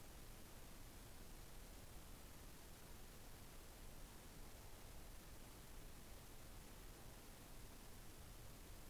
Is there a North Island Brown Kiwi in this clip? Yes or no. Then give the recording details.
no. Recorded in New Zealand on 6 December 2014. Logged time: 23:43. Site BV21